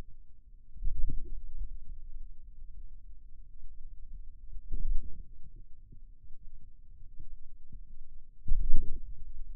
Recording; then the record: forearm muscle sounds (acoustic myography)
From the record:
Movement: radial deviation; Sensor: system 2, bracelet of six BSWA MPA416 microphones around the upper forearm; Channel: 5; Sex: male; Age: 22 years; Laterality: right